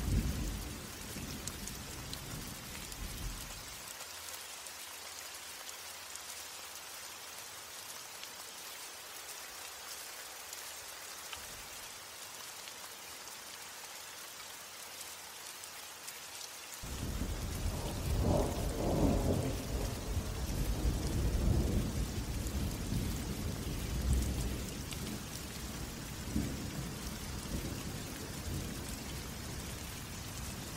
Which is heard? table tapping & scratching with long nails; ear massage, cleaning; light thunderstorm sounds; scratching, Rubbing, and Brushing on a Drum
light thunderstorm sounds